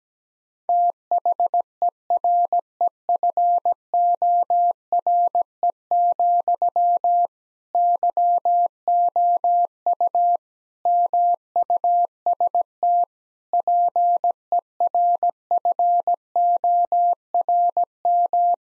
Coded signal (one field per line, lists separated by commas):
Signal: Morse code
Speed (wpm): 17 wpm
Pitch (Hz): 700 Hz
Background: none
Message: THEREFORE, YOU MUST PERFORM